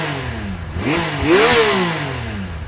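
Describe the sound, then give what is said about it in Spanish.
A motorcycle engine rumbles steadily, then revs up twice in quick succession, its pitch climbing and falling with each throttle blip before settling back to a throaty idle. No one speaks. “Pero mucha gente fantasea con las motos porque una moto es ponerte un motor entre las piernas con dos ruedas y eso es todo.”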